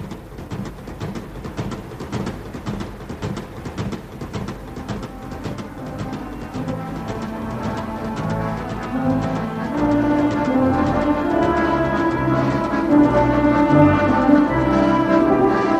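A freight train on its way to Minsk rolls along the rails in a steady low rumble, wheels clicking in a rapid repeating rhythm, the noise swelling louder halfway through as a faint metallic whine rises.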